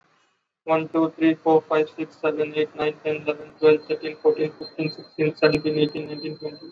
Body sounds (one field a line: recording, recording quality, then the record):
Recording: counting at a normal pace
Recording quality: excellent, no background noise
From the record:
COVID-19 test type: RT-PCR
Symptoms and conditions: cough, cold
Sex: male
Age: 21 years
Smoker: no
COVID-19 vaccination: both doses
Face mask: worn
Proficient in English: yes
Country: India